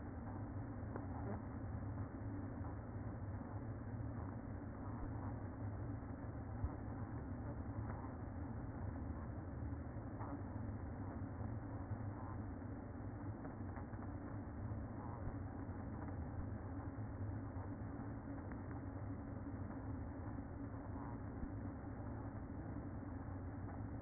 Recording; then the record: honeybee colony, microphone inside the hive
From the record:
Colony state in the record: queen present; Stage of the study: after two queens were removed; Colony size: about 60,000 bees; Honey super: yes